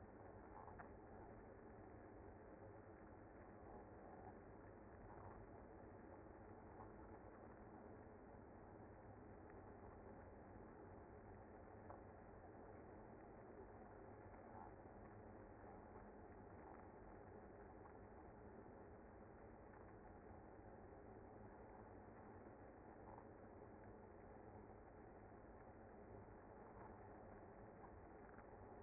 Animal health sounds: honeybee colony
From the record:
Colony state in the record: active

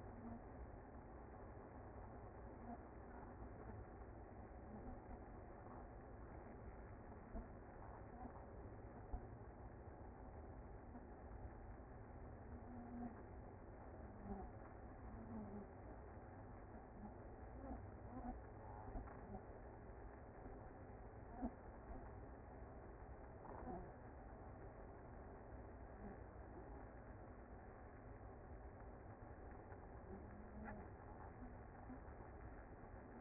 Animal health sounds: honeybee colony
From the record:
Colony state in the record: active

